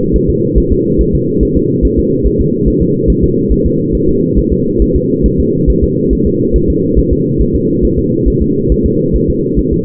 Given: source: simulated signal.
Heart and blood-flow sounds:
fetal heart sounds
0.16 s: S1
0.30 s: S2
0.58 s: S1
0.72 s: S2
1.01 s: S1
1.15 s: S2
1.43 s: S1
1.57 s: S2
1.85 s: S1
1.99 s: S2
2.27 s: S1
2.41 s: S2
2.68 s: S1
2.82 s: S2
3.10 s: S1
3.24 s: S2
3.52 s: S1
3.66 s: S2
3.95 s: S1
4.09 s: S2
4.38 s: S1
4.53 s: S2
4.82 s: S1
4.96 s: S2
5.26 s: S1
5.40 s: S2
5.70 s: S1
5.84 s: S2
6.13 s: S1
6.27 s: S2
6.56 s: S1
6.70 s: S2
6.99 s: S1
7.13 s: S2
7.41 s: S1
7.56 s: S2
7.85 s: S1
7.99 s: S2
8.28 s: S1
8.42 s: S2
8.72 s: S1
8.86 s: S2
9.16 s: S1
9.30 s: S2
9.59 s: S1
9.73 s: S2
From the record:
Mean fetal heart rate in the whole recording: 140 bpm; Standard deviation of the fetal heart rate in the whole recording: 2 bpm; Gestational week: 34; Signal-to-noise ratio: -11.2 dB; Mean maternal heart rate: 72 bpm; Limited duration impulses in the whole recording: present

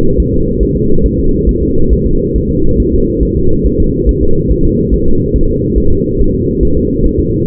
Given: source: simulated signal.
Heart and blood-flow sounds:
fetal heart sounds
0.20 s: S1
0.34 s: S2
0.63 s: S1
0.77 s: S2
1.06 s: S1
1.20 s: S2
1.49 s: S1
1.63 s: S2
1.93 s: S1
2.06 s: S2
2.36 s: S1
2.50 s: S2
2.80 s: S1
2.94 s: S2
3.23 s: S1
3.37 s: S2
3.66 s: S1
3.80 s: S2
4.09 s: S1
4.23 s: S2
4.51 s: S1
4.65 s: S2
4.94 s: S1
5.08 s: S2
5.36 s: S1
5.50 s: S2
5.78 s: S1
5.92 s: S2
6.20 s: S1
6.34 s: S2
6.63 s: S1
6.77 s: S2
7.06 s: S1
7.20 s: S2
From the record:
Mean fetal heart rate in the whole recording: 140 bpm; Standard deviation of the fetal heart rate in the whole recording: 2 bpm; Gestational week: 34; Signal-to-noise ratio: -17.7 dB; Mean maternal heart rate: 72 bpm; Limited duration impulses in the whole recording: present

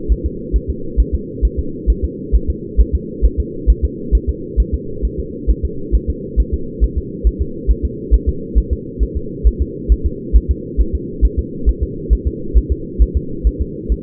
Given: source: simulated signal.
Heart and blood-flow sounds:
fetal heart sounds
0.12 s: S1
0.26 s: S2
0.56 s: S1
0.70 s: S2
1.00 s: S1
1.14 s: S2
1.45 s: S1
1.59 s: S2
1.90 s: S1
2.04 s: S2
2.35 s: S1
2.50 s: S2
2.80 s: S1
2.95 s: S2
3.25 s: S1
3.40 s: S2
3.70 s: S1
3.85 s: S2
4.15 s: S1
4.29 s: S2
4.60 s: S1
4.74 s: S2
5.05 s: S1
5.19 s: S2
5.50 s: S1
5.65 s: S2
5.95 s: S1
6.10 s: S2
6.40 s: S1
6.54 s: S2
6.84 s: S1
6.98 s: S2
7.27 s: S1
7.42 s: S2
7.71 s: S1
7.85 s: S2
8.14 s: S1
8.29 s: S2
8.58 s: S1
8.73 s: S2
9.03 s: S1
9.17 s: S2
9.47 s: S1
9.62 s: S2
9.92 s: S1
10.06 s: S2
10.36 s: S1
10.51 s: S2
10.80 s: S1
10.95 s: S2
11.25 s: S1
11.39 s: S2
11.69 s: S1
11.83 s: S2
12.13 s: S1
12.27 s: S2
12.57 s: S1
12.72 s: S2
13.02 s: S1
13.17 s: S2
13.47 s: S1
13.61 s: S2
13.92 s: S1
From the record:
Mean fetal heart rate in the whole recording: 135 bpm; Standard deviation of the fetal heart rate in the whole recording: 3 bpm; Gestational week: 34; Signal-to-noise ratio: -4.3 dB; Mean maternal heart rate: 72 bpm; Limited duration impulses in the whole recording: absent

